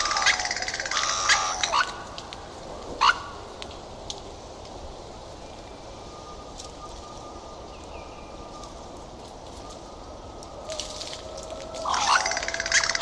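Bird calls: buzzy rattling bursts at the start and end with a single sharp note between, separated by a long quiet stretch.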